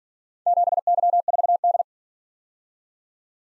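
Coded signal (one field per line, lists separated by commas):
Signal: Morse code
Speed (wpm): 48 wpm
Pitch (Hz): 700 Hz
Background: none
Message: 7Y4D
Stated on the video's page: Morse practice of four-character letter-number groups, starting fast and slowing to a 35 wpm base speed; final repeat at maximum speed.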